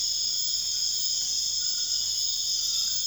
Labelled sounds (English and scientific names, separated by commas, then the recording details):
none
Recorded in dense forest near Puerto Asís, Putumayo, Colombia, on 13 March 2025 at 02:30
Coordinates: 0.481, -76.323
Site G088